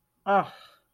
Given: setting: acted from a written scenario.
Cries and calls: vocal sound without words; contempt

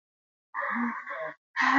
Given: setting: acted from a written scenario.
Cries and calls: vocal sound without words; awe

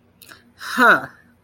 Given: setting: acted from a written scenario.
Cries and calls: vocal sound without words; contempt

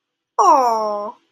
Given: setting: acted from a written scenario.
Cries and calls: vocal sound without words; adoration

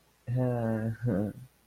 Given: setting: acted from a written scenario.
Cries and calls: vocal sound without words; embarrassment

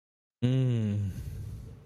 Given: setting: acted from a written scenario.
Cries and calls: vocal sound without words; ecstasy

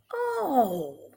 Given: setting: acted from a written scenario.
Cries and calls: vocal sound without words; realization

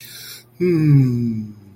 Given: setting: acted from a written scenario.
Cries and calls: vocal sound without words; serenity

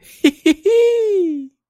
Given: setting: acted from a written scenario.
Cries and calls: vocal sound without words; elation

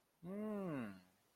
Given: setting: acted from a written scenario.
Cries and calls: vocal sound without words; confusion

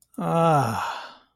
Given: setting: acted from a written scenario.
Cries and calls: vocal sound without words; relief

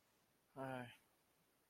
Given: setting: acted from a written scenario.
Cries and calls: vocal sound without words; guilt

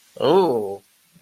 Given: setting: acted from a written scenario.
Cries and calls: vocal sound without words; embarrassment

